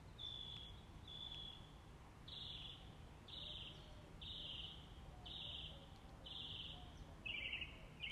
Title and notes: 6 minutes of birds 🐦 singing. Good Morning